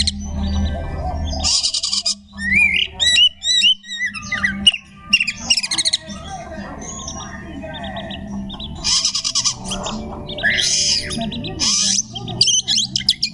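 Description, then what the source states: Magpie-robin song: varied whistled notes, rising slurs and harsh buzzy rattling bursts in irregular phrases, over a low steady hum. Song style called tembakan ngekek.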